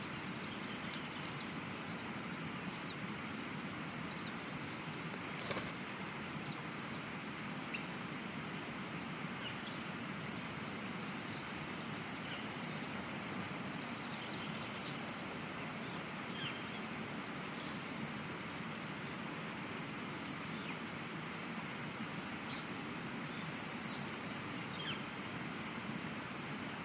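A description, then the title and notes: A morning forest with a steady low rumble beneath, scattered faint bird chirps up high, and one brief sharp knock around five seconds. Morning Forest.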